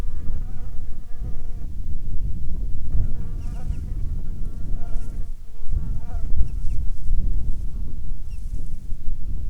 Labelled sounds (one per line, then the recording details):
songbird
wind
insects
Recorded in the Arctic National Wildlife Refuge, Alaska, on 10 July 2019 at 18:34
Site 44